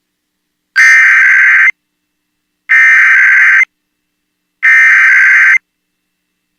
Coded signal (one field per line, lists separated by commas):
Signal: Emergency Alert System (SAME) tones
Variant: header bursts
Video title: Mid April Wednesday Tests (EAS #26058-26080) 4/16/25